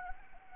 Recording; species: mosquito wingbeat signal from an infrared sensor; Anopheles gambiae